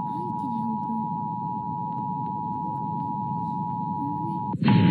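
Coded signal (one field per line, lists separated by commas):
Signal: Emergency Alert System (SAME) tones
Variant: 853 and 960 Hz attention tone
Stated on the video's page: 2021 nationwide EAS National Periodic Test, captured from broadcasts of several nearby radio and television stations.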